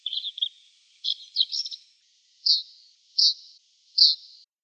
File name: Lanius collurio